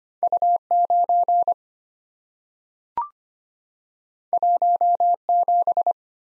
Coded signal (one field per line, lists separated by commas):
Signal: Morse code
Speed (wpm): 25 wpm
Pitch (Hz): 700 Hz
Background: none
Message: U9 17